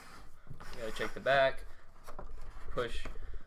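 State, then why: Not seated. An Xbox 360 console, inside its decorative plastic Battlefield 3 Vault case, is being dropped into its plastic stand and pushed down to lock, while someone talks. Brief handling sounds stand out around 0.6 s and 2.2 s, but nothing has seated or locked into place yet by the end of the clip.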